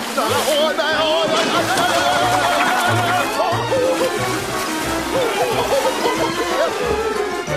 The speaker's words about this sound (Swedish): Pippi kastade ner Jim och Buck i vattnet.